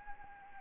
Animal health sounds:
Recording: mosquito wingbeat signal from an infrared sensor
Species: Anopheles arabiensis

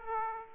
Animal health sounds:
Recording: mosquito wingbeat signal from an infrared sensor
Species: Aedes aegypti

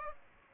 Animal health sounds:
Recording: mosquito wingbeat signal from an infrared sensor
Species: Aedes aegypti

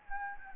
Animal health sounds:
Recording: mosquito wingbeat signal from an infrared sensor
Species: Anopheles gambiae

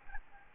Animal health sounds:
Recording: mosquito wingbeat signal from an infrared sensor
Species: Aedes albopictus

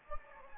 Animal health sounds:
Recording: mosquito wingbeat signal from an infrared sensor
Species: Anopheles gambiae

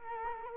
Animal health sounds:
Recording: mosquito wingbeat signal from an infrared sensor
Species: Culex quinquefasciatus

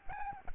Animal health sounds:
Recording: mosquito wingbeat signal from an infrared sensor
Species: Aedes albopictus

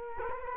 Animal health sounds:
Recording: mosquito wingbeat signal from an infrared sensor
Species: Culex quinquefasciatus

